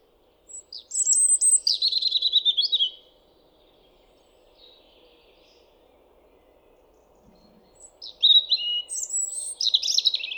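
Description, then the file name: European robin song: two high, tumbling phrases of thin whistles and rapid twittering notes, separated by about five seconds of quiet with a faint low hum beneath. "Erithacus rubecula"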